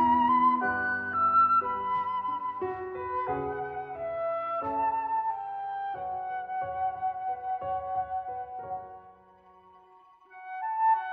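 Soundtrack music of slow, sustained chords changing every second or so, with low notes that drop out near the end before a final swell.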